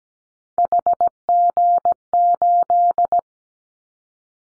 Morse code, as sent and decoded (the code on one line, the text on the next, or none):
.... --. ---..
HG8